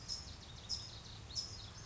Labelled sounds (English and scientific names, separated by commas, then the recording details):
California Towhee (Melozone crissalis)
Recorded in Sonoma County, California